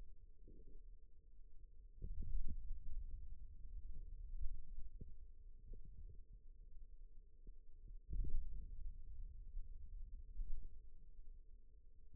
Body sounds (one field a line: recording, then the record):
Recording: forearm muscle sounds (acoustic myography)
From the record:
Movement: ulnar deviation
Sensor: system 2, bracelet of six BSWA MPA416 microphones around the upper forearm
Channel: 4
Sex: male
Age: 22 years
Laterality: right